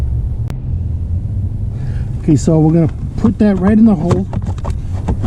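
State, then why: Seated. A blower fan motor from a Tacoma AC system, lined up with its small locating hole, is pushed into the plastic HVAC blower housing under the dash while someone talks over a low rumble, with a brief sharp tick at 0.5 s. The motor pops into the housing with clicks at 4.6 and 4.7 s, seating and staying in place.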